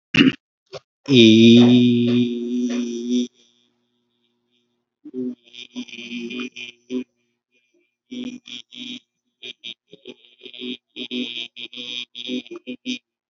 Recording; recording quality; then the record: sustained vowel as in beet; excellent, no background noise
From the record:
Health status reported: COVID-19 positive, no symptoms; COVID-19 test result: positive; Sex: male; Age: 44 years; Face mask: worn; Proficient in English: no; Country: India